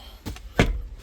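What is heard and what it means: The rear bottom seat cushion of a G37 / Q60 coupe is pushed down hard so its retaining clips snap into the floor mounts. A softer knock comes at about 0.4 s, then a sharp, loud click at 0.6 s as the clips seat. The cushion is clipped firmly in place.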